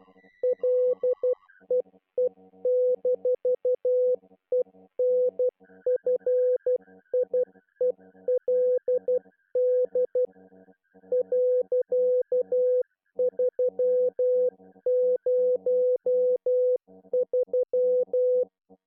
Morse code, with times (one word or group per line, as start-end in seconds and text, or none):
0.4-10.2 LEE-ENFIELD
11.1-18.4 .303